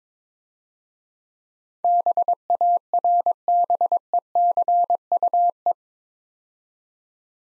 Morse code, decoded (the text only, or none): BARBECUE